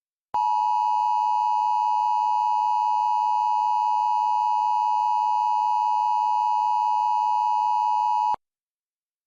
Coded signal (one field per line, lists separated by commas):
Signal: Emergency Alert System (SAME) tones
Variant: 853 and 960 Hz attention tone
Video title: Emergency alert system Activation￼ on WCEF￼